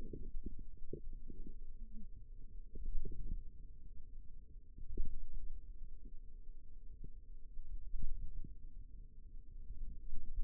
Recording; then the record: forearm muscle sounds (acoustic myography)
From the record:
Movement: hand opening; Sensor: system 2, bracelet of six BSWA MPA416 microphones around the upper forearm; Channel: 3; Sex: female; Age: 22 years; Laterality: right